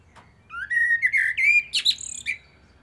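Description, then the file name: Common blackbird singing a single smooth, rising whistled phrase. It ends in a brief burst of thin, high squeaky notes. "Turdus merula"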